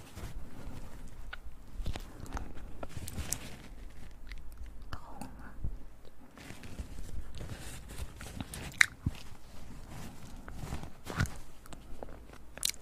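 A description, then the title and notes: Mouth sounds made up of wet clicks, smacks and soft chewing-like noises, arriving in irregular clusters throughout. Sharp bright pops stand out near 9 seconds and again around 11 and 12.5 seconds, over a low, steady murmur underneath. ASMR Super tingly Mouth sounds.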